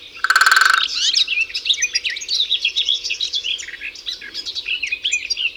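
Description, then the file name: European goldfinch twittering, opening with a short loud buzzy nasal note, then a lively run of quick tinkling chirps and trills. "Carduelis carduelis"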